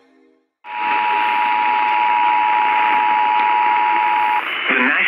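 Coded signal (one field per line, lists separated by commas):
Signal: Emergency Alert System (SAME) tones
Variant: 853 and 960 Hz attention tone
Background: speech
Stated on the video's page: Compilation of real EAS alerts, mostly tornado warnings.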